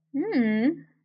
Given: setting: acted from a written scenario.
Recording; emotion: vocal sound without words; desire